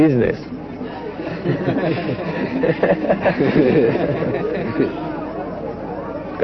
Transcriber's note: laughter